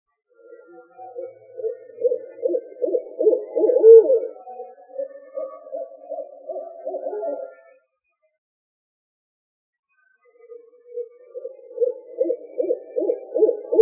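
Owl hooting in a long, throbbing series of low notes for about seven seconds, then silence, then another rapid run of hoots.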